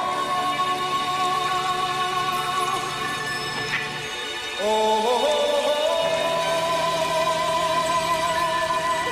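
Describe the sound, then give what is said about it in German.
Water drips and splashes steadily at a moderate level, with a sustained tonal hum running underneath that shifts pitch about halfway through. No one speaks. “Das ist doch Wasser, was ich da höre.”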